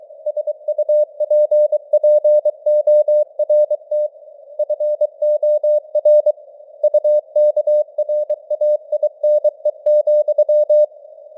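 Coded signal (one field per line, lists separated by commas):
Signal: Morse code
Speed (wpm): 23 wpm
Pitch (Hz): 600 Hz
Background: none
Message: SUPPORT FOR UKRAINE,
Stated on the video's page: Morse news headlines at 23 wpm with simulated radio noise and varying signal strength (QSB).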